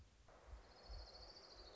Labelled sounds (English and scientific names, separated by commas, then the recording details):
Orange-crowned Warbler (Leiothlypis celata)
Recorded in Sonoma County, California